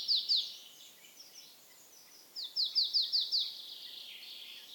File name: Poecile palustris